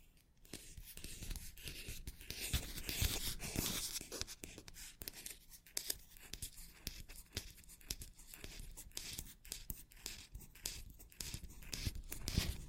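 Scratchy tapping on matte objects, a dense run of crisp, bright clicks and scrapes with no pauses. The taps come quickly and unevenly, several per second, with rougher scratching stretches around three to four seconds and again near the end.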